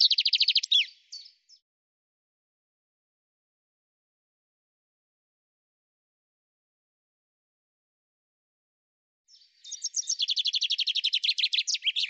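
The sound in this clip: Common chaffinch song: a phrase ends at the start, then after a long pause a quick-fire rattling song of sharp repeated notes plays to the end.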